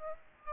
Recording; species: mosquito wingbeat signal from an infrared sensor; Aedes aegypti